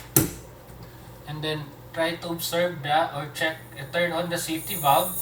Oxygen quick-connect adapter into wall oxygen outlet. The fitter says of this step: So when you're putting this one, you have to insert it directly to the wall until you hear a click sound, and then